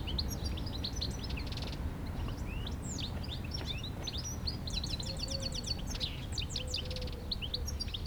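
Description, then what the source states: Goldfinch song, a lively, continuous jumble of high, twittering, sweeping notes with short buzzy trills. A faint tonal hum and steady traffic drone sit beneath it. Chattering in a shrub near Le Tillet, beside the road, Aix-les-Bains, France.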